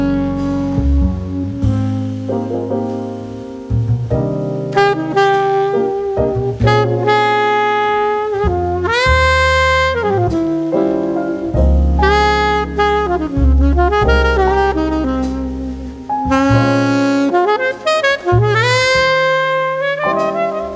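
Calm jazz music plays at a steady level. A low, walking bass line moves under a bright, sustained lead melody that bends and slides between notes, with swoops near ten and seventeen seconds. Cafe background sounds don't come through.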